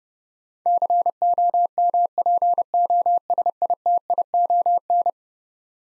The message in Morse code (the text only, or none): COMPOSITION